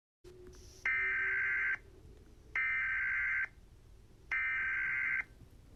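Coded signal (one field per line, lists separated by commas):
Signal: Emergency Alert System (SAME) tones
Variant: header bursts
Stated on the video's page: Fictional EAS scenario made in CapCut.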